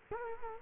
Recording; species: mosquito wingbeat signal from an infrared sensor; Culex quinquefasciatus